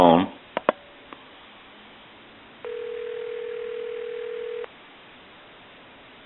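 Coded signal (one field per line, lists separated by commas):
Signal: telephone call progress tone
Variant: North America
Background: speech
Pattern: ringback tone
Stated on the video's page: Heard on a General Electric 25881EC A telephone during initial checkout and repair.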